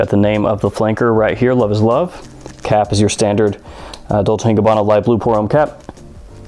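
Someone talks while handling a Dolce & Gabbana Light Blue Love Is Love fragrance, about to press its standard Light Blue plum-style plastic cap onto the glass perfume bottle. Nothing has seated or clicked yet; the clip ends before the cap goes home.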